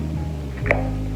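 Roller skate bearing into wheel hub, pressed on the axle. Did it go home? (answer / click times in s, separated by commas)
yes / 0.7 s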